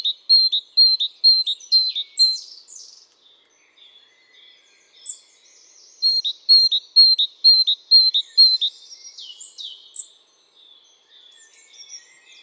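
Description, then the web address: Great tit song: bright two-note phrases repeated about twice a second in two runs, with a short gap between them and thin high twitters. "SETE data Parus major"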